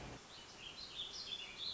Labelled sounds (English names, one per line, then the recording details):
Warbling Vireo
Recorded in Sonoma County, California